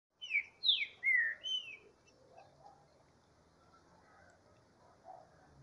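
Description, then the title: Green-winged saltator song: a short phrase of four loud, slurred whistled notes, some falling and some rising, followed by quiet background with faint soft chirps. Bird warming up in the bush. "Canto De Trinca Ferro. Esquentando trinca-ferro no mato"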